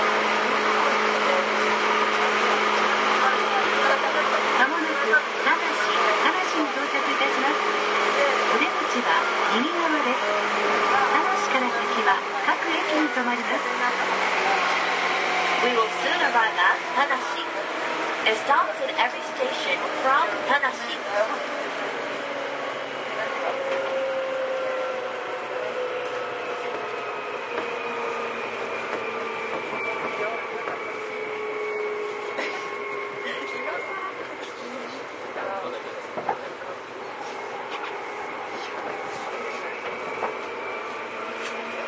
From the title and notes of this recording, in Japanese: 西武旧2000系 西武新宿〜本川越。今回は急行運用を録音しました。モーターはMT54系の界磁チョッパ対応改良の独自型。